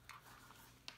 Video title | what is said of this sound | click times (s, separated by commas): ER3000 Service | Push that end down first and then line this end up, and then it will just pop into place. | 0.9 s